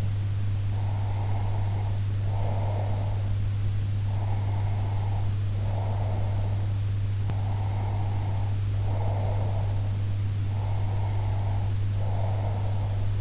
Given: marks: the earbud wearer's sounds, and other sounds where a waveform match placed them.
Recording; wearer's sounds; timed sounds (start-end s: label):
sounds in sleep by an in-ear microphone; breath
0.73-3.33 s: breath
4.10-6.70 s: breath
7.30-9.93 s: breath
10.56-13.10 s: breath